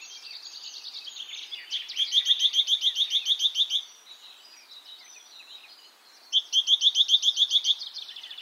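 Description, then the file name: Great tit calls: two rapid strings of clipped, repeated notes about two and a half seconds apart, with soft twittering and background noise between them. "Parus major"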